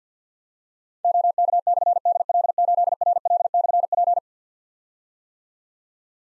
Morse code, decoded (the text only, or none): OK/DL8RL/P